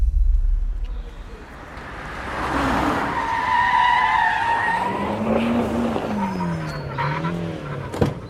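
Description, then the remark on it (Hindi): Four or five luxury cars roar up with engines rumbling in front of the Rajput haveli (mansion), then tires squeal in long, wavering screeches as they skid to a halt, ending with a sharp thud. “अगले दिन राजपूत हवेली के सामने 4-5 लग्जरी गाड़ियां आकर रुकी।”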